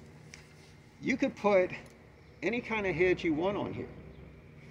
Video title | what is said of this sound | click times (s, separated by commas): What if you couldn't legally own a firearm for self defense? My airguns and less lethal options. | because make sure it clicks in | 0.3 s